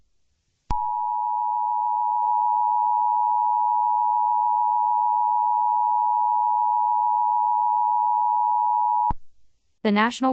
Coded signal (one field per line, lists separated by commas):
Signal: Emergency Alert System (SAME) tones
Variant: 853 and 960 Hz attention tone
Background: speech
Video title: flash flood warning eas #2 (fake eas)